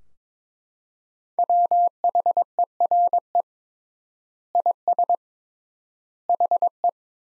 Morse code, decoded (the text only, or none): WHERE IS HE